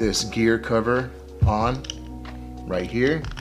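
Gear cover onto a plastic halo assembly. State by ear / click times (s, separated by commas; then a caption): not seated / none. A small plastic gear cover is being handled and positioned onto a 3D-printed plastic halo assembly while someone talks, with music playing underneath. Nothing has seated or clicked yet; the clip ends just before the cover snaps into place.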